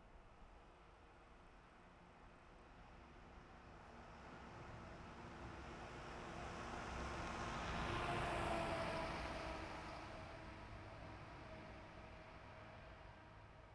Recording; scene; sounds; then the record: everyday scene through a hearing-aid microphone; in traffic; traffic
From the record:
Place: bus stop on a city main road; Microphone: behind the ear, right, rear